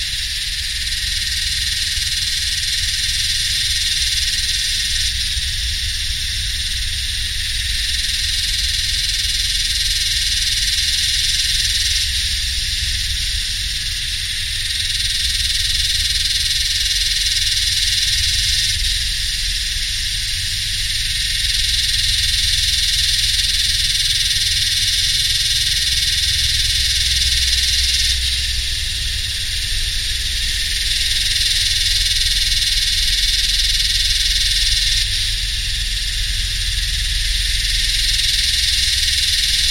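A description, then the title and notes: Yellowbelly cicadas sing in a dense, unbroken, shrill chorus that swells and eases every several seconds without ever stopping. Beneath them, a low machine hum rumbles steadily, growing a little heavier in the second half. My Yellowbelly friends (Psaltoda harrisii) singing in the heat along with some humming machines in a mixture of subtropical dry scherlophyll forest and heathland. Royal National Park, NSW, Australia.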